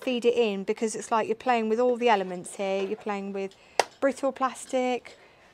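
On a 1970s MGC dashboard, a chrome trim piece with clips on the back is lined up with the holes in the panel and gently fed in by hand into the brittle old plastic. Someone talks throughout, with a brief sharp sound near the end. Nothing has seated or clicked into place yet.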